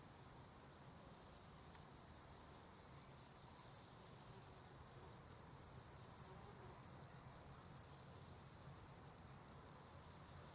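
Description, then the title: Crickets chirping in a dense high-pitched chorus, swelling and dropping in bursts of a few seconds, with a faint low hum of traffic beneath. Crickets at a small spot beside a hiking path with wild natural meadows at Lake Wolfgangsee, Strobl, Austria; some traffic audible; recorded with SD702t and MKH8040. "Strobl, Österreich - Grillen am Wolfgangsee"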